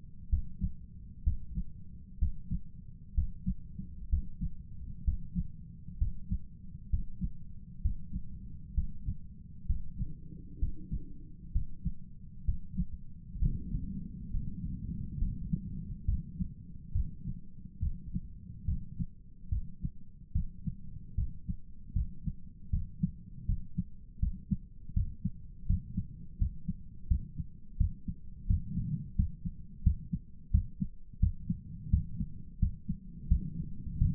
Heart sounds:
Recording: heart sounds by stethoscope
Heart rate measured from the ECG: 73 bpm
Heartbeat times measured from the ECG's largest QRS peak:
0.28 s: heartbeat
1.22 s: heartbeat
2.18 s: heartbeat
3.13 s: heartbeat
4.08 s: heartbeat
5.03 s: heartbeat
5.97 s: heartbeat
6.89 s: heartbeat
7.81 s: heartbeat
8.73 s: heartbeat
9.65 s: heartbeat
10.58 s: heartbeat
11.51 s: heartbeat
12.44 s: heartbeat
13.38 s: heartbeat
14.30 s: heartbeat
15.18 s: heartbeat
16.05 s: heartbeat
16.92 s: heartbeat
17.80 s: heartbeat
18.65 s: heartbeat
19.49 s: heartbeat
20.33 s: heartbeat
21.15 s: heartbeat
21.93 s: heartbeat
22.70 s: heartbeat
23.46 s: heartbeat
24.19 s: heartbeat
24.93 s: heartbeat
25.66 s: heartbeat
26.38 s: heartbeat
27.07 s: heartbeat
27.77 s: heartbeat
28.46 s: heartbeat
29.15 s: heartbeat
29.82 s: heartbeat
30.50 s: heartbeat
31.19 s: heartbeat
31.89 s: heartbeat
32.58 s: heartbeat
33.27 s: heartbeat
33.97 s: heartbeat
From the record:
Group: healthy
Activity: breath hold 0-15 s, rest 15-34 s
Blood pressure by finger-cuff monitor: 123/73 mmHg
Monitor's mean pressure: 86 mmHg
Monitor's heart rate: 71 bpm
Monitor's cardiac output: 8.4 L/min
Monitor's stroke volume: 104 mL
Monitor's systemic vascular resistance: 820 dyn s/cm5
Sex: male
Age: 57 years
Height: 188 cm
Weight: 106 kg

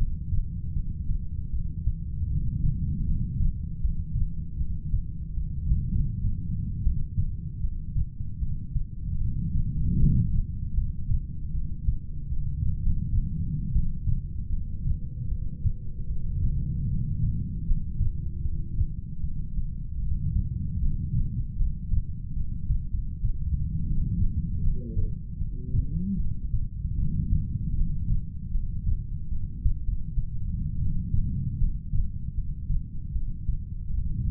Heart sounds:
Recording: heart sounds by stethoscope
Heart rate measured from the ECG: 78 bpm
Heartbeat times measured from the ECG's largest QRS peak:
0.75 s: heartbeat
1.51 s: heartbeat
2.29 s: heartbeat
3.07 s: heartbeat
3.82 s: heartbeat
4.59 s: heartbeat
5.35 s: heartbeat
5.92 s: heartbeat
6.84 s: heartbeat
7.62 s: heartbeat
8.41 s: heartbeat
9.19 s: heartbeat
9.99 s: heartbeat
10.75 s: heartbeat
11.53 s: heartbeat
12.30 s: heartbeat
12.82 s: heartbeat
13.74 s: heartbeat
14.51 s: heartbeat
15.30 s: heartbeat
16.09 s: heartbeat
16.90 s: heartbeat
17.67 s: heartbeat
18.43 s: heartbeat
19.22 s: heartbeat
20.00 s: heartbeat
20.81 s: heartbeat
21.58 s: heartbeat
22.35 s: heartbeat
22.91 s: heartbeat
23.85 s: heartbeat
24.63 s: heartbeat
25.39 s: heartbeat
26.18 s: heartbeat
26.97 s: heartbeat
27.76 s: heartbeat
28.52 s: heartbeat
29.30 s: heartbeat
29.84 s: heartbeat
30.80 s: heartbeat
31.60 s: heartbeat
32.36 s: heartbeat
33.14 s: heartbeat
33.92 s: heartbeat
From the record:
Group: heart failure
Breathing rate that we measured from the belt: 17 breaths a minute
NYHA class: 1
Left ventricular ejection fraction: 39%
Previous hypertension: present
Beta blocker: carvedilol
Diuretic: furosemide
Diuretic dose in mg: 20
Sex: male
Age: 60 years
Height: 178 cm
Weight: 62 kg

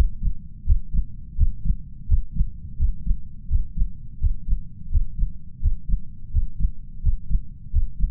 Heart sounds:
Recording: heart sounds by stethoscope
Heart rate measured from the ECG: 85 bpm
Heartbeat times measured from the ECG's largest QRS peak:
0.64 s: heartbeat
1.35 s: heartbeat
2.06 s: heartbeat
2.76 s: heartbeat
3.47 s: heartbeat
4.18 s: heartbeat
4.89 s: heartbeat
5.59 s: heartbeat
6.30 s: heartbeat
7.01 s: heartbeat
7.70 s: heartbeat
From the record:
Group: healthy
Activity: Valsalva maneuver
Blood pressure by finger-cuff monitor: 106/66 mmHg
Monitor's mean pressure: 78 mmHg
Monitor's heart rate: 85 bpm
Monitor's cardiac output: 6.8 L/min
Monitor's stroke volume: 81 mL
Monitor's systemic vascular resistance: 830 dyn s/cm5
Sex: male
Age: 21 years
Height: 180 cm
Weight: 67.5 kg

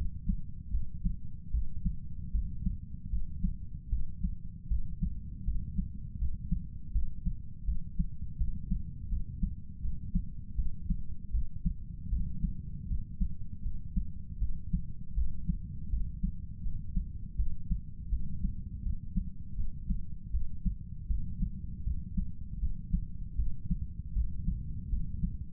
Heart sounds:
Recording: heart sounds by stethoscope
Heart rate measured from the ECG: 79 bpm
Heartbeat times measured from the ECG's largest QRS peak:
0.71 s: heartbeat
1.51 s: heartbeat
2.32 s: heartbeat
3.10 s: heartbeat
3.89 s: heartbeat
4.68 s: heartbeat
5.44 s: heartbeat
6.18 s: heartbeat
6.92 s: heartbeat
7.65 s: heartbeat
8.37 s: heartbeat
9.09 s: heartbeat
9.81 s: heartbeat
10.55 s: heartbeat
11.31 s: heartbeat
12.09 s: heartbeat
12.87 s: heartbeat
13.62 s: heartbeat
14.39 s: heartbeat
15.14 s: heartbeat
15.90 s: heartbeat
16.62 s: heartbeat
17.36 s: heartbeat
18.10 s: heartbeat
18.83 s: heartbeat
19.56 s: heartbeat
20.31 s: heartbeat
21.07 s: heartbeat
21.84 s: heartbeat
22.59 s: heartbeat
23.36 s: heartbeat
24.14 s: heartbeat
24.90 s: heartbeat
From the record:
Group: healthy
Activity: cold pressor test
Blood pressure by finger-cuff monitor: 118/70 mmHg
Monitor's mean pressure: 84 mmHg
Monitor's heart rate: 79 bpm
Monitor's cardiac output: 7.5 L/min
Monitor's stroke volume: 95 mL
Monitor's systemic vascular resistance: 830 dyn s/cm5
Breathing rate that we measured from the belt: 19 breaths a minute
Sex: male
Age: 35 years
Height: 180 cm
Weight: 86.9 kg

